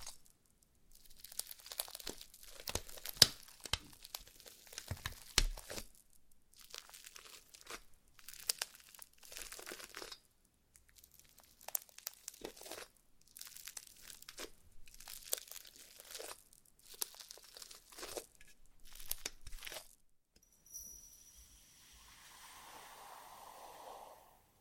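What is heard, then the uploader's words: Slime being squished and crinkled in bursts of bright crackling pops for twenty seconds, then a softer, steady hiss with faint squelches near the end. ASMR SLIME SATISFYING - NO TALKING.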